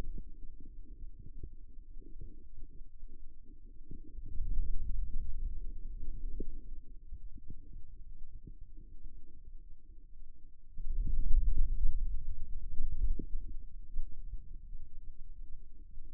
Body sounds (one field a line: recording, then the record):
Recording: forearm muscle sounds (acoustic myography)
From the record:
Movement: ulnar deviation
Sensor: system 2, bracelet of six BSWA MPA416 microphones around the upper forearm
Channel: 2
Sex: male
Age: 22 years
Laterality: right